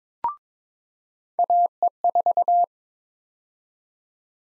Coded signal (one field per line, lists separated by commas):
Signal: Morse code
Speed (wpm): 22 wpm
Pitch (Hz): 700 Hz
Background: none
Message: AE4